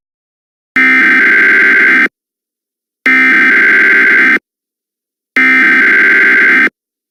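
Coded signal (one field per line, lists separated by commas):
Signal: Emergency Alert System (SAME) tones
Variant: header bursts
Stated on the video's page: Extremely fictional EAS scenario.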